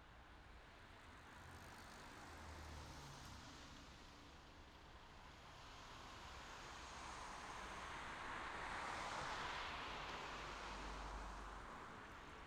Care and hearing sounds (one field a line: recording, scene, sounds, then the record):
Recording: everyday scene through a hearing-aid microphone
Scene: in traffic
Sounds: traffic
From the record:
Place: city secondary road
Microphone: in the ear canal, left